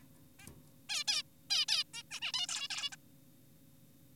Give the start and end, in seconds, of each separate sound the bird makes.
0.39-0.48, 0.89-1.04, 1.08-1.23, 1.50-1.66, 1.68-1.84, 1.94-2.03, 2.11-2.20, 2.22-2.32, 2.34-2.47, 2.49-2.68, 2.70-2.90, 2.92-2.96